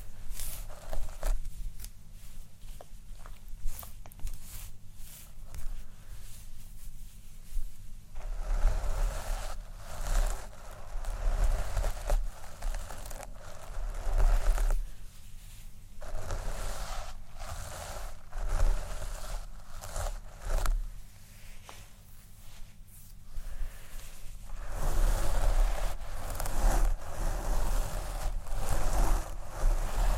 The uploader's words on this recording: Hair Play, Brushing, Scratching, Combing.